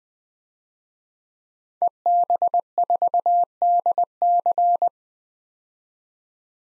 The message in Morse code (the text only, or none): EB4DC